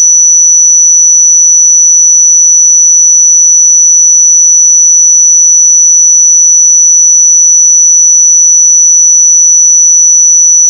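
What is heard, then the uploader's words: A pure sine tone holds at 5931 Hz, thin, bright and high-pitched. It runs unbroken for the full eleven seconds at an unchanging level, with no wavering, no other sounds and a silent background. 5931 Hz 1 Hz Interval Sine Pure Tone Frequency 441000 Sample Mono.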